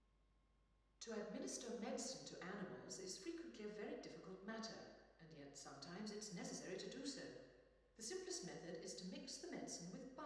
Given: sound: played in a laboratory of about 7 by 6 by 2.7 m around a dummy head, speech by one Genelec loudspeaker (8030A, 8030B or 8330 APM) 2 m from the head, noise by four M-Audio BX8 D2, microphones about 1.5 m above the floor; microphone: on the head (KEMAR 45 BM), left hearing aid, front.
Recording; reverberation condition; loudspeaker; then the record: female speech in English; high; 30 degrees to the left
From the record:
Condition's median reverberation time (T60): about 1300 ms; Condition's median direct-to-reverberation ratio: about -4.0 dB